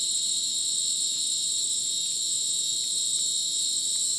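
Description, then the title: Dense cricket chorus: unbroken high, ringing trills in layered bands, steady for the whole stretch. Rainforest at Madidi National Park, Ucumari, Bolivia, after sunset; very dense insect chorus likened to a polyrhythmic electronic concert; AT BP4029 microphone, MixPre 6 recorder. "Madidi National Park, Ucumari, Bolivia - Supersonic Crickets in the rainforest"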